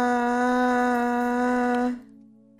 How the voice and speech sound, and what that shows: A very rare speech disorder, which makes it impossible for her to speak. But she can make sounds, vowel-like. That's her ah.